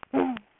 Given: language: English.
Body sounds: throat vibration sensor signal played as sound; throat clearing

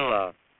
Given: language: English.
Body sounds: throat vibration sensor signal played as sound; speech

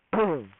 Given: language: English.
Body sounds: throat vibration sensor signal played as sound; throat clearing

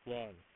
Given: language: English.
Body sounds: throat vibration sensor signal played as sound; speech

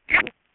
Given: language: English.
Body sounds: throat vibration sensor signal played as sound; swallow

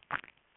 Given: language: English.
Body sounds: throat vibration sensor signal played as sound; swallow

